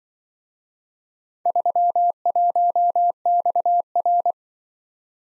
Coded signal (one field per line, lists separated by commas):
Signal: Morse code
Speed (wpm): 23 wpm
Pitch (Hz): 700 Hz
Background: none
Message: 31XR